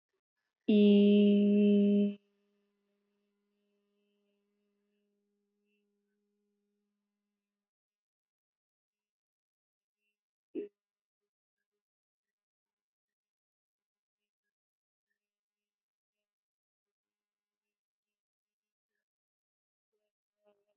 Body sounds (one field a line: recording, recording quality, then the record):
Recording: sustained vowel as in beet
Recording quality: excellent, no background noise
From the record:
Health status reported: healthy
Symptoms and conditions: none ticked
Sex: female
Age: 23 years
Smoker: not ticked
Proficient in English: yes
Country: India